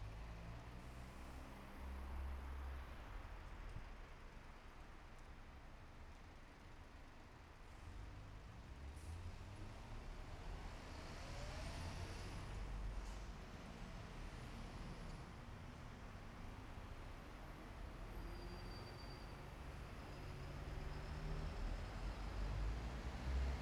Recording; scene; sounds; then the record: everyday scene through a hearing-aid microphone; in traffic; traffic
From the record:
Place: bus stop on a city main road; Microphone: behind the ear, right, front